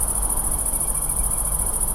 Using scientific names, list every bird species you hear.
Numenius phaeopus